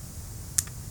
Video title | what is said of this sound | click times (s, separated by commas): "Folding Stock Adapter's" SHOULD YOU BUY ONE?? | so that's the detent popping up to kind of lock this into place so it's not flopping around when you close it or when you fold it | 0.6 s